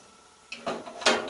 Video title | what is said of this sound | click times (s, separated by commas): Whirlpool Washing Machine Not Starting Or Not Spinning - Check The Lid Or Door Switch | on this tab until it snaps in place screwing | 0.5 s, 1.1 s